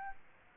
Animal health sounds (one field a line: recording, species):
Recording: mosquito wingbeat signal from an infrared sensor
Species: Aedes aegypti